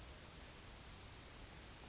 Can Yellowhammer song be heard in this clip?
no